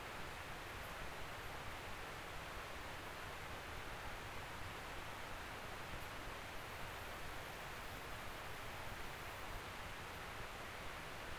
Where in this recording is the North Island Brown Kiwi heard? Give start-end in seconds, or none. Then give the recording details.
none. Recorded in New Zealand on 16 November 2013. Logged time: 21:44. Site BS16